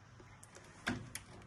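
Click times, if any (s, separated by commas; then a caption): 0.9 s, 1.1 s. A CPU power cable connector is pushed into the motherboard's EPS CPU power socket until its plastic latch engages. After a few faint ticks, a sharp click at 0.9 s and a second, brighter click at 1.1 s mark the connector seating firmly.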